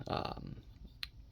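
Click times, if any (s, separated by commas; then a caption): 1.0 s. Someone talks while the plastic transformation joint on a Transformers Studio Series '86 Long Haul action figure is folded down, after the head has been pushed out first so nothing breaks. The joint snaps firmly into place with a sharp click at 1.0 s, giving a secure connection.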